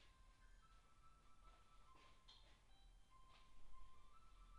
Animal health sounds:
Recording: poultry house recording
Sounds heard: no chicken sound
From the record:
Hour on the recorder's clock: 10

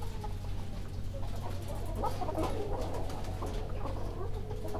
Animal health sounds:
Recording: poultry house recording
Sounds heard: healthy chickens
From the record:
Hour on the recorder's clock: 22

